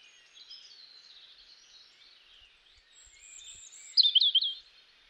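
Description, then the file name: European robin with faint high warbling for several seconds, then a sudden louder flurry of rapid, twisting high notes lasting about half a second. "Erithacus rubecula"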